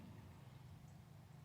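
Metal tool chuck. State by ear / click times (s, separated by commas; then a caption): not seated / none. A hex driver bit is being handled at the quick-release chuck of a Greenworks 24V impact driver, with the chuck collar pulled forward for insertion. Only a steady low hum is heard, with no sharp transients. Nothing has seated or clicked yet.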